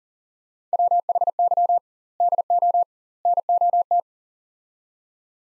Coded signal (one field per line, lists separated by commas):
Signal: Morse code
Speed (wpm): 40 wpm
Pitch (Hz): 700 Hz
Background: none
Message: WHY DO NOT